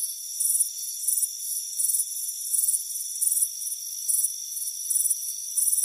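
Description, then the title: Crickets chirping in short, high, pulsed bursts at a steady pace, layered over steady high-pitched insect trills. Crickets chirping on a warm afternoon on a front porch. "Soothing Crickets Chirping Sound"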